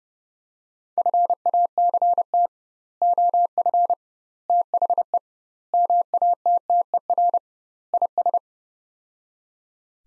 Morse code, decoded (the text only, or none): FACT OF THE MATTER IS